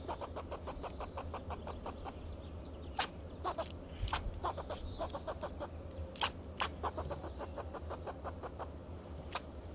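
Fox squirrel chatter of regular clucking pulses in long series, broken by a few sharper louder notes, steady hum behind.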